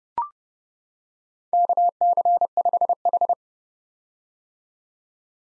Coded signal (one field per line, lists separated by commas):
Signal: Morse code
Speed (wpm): 30 wpm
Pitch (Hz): 700 Hz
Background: none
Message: KC5H